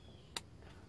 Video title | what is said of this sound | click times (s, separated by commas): Case IH Steiger 450 STX - QSX5001 Module Installation | Snaps and clicks just like that. | 0.4 s